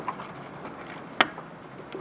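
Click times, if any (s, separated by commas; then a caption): 1.2 s. A plastic HID ballast wiring plug for a 4300K SDX HID headlight install on a 2000 Honda Accord is pushed into its mating connector, with the tab oriented the right way. A sharp, bright click at 1.2 s stands out above faint handling noise, with softer taps around it. The plug seats and clicks in.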